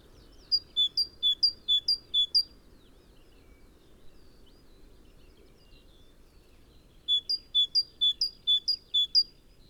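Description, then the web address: Great tit song: two bouts of high-low two-note phrases, each repeated quickly several times, separated by a few seconds of quiet with a low steady hum beneath. "SETE data Parus major"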